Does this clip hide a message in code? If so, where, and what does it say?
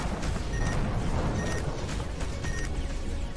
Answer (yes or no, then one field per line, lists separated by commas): no